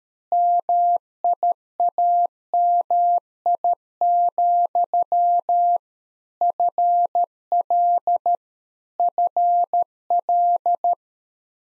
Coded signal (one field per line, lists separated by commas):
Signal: Morse code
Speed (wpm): 13 wpm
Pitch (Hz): 700 Hz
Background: none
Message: MIAMI, FL FL